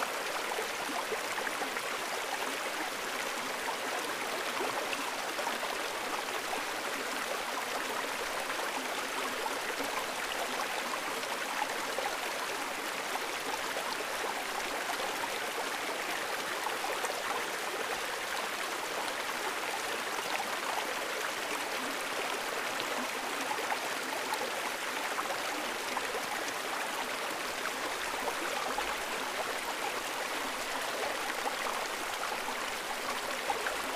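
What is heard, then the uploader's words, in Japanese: A small mountain stream in spring runs steadily, its water a dense, even wash of bright splashing and trickling with no pauses. The level holds constant throughout, full in the upper range, with little low rumble underneath. 春山、小川を渡る。何度も小川を横切る、いいコースでした。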